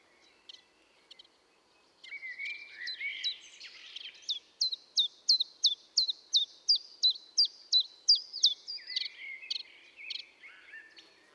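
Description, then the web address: Common chiffchaff song of regular, bright alternating notes at about three per second, with lower warbling notes before and after. Recorded at Valsolda. "cibra valsolda. Lui piccolo"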